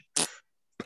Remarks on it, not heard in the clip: I was holding in a sneeze. That's why I made that noise, because I had my mouth like holding the sneeze in.